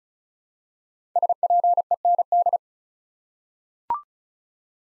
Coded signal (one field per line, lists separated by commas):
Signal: Morse code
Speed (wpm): 36 wpm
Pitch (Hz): 700 Hz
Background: none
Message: SPEND